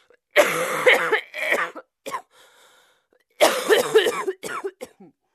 Adult Woman continues coughing.